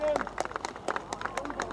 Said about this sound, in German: Nun geht die rote Fahne runter. Die Demonstranten klatschen, sie schwenken ihre Hüte.